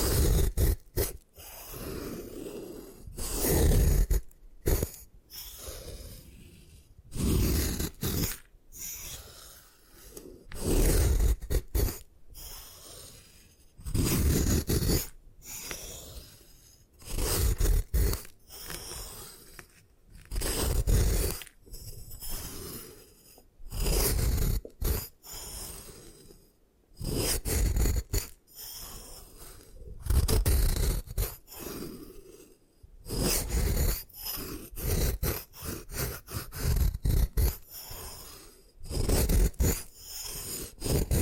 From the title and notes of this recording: ASMR Satisfying Ways to Destroy Gym Chalk (No Talking).